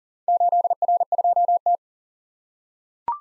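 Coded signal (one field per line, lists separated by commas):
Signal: Morse code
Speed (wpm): 40 wpm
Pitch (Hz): 700 Hz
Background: none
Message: 8R2T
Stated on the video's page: Head-copy drill of random four-character letter-number groups at 40 wpm; each group sent, spoken, then sent again.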